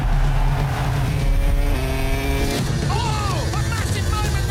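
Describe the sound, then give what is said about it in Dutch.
Racing motorcycles scream past on the TT Circuit Assen during round 9 of the motorcycle world championship, their high-revving engines whining in layered tones that climb and then swoop down in pitch, over a steady loud roar. “Op het TT-circuit van Assen komen de beste motorcoureurs bij elkaar in de 9e ronde van het wereldkampioenschap.”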